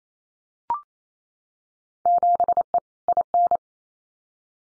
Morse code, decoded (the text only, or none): 7E IN